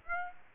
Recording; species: mosquito wingbeat signal from an infrared sensor; Aedes aegypti